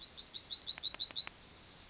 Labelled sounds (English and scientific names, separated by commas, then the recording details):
Yellowhammer (Emberiza citrinella) song
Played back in grassland
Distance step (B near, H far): B
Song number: 123